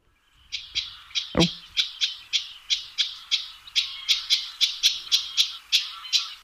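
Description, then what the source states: Garden Warbler alarm call, a dry tack note repeated steadily many times, with one brief knock early on. Call given when the bird raises the alarm.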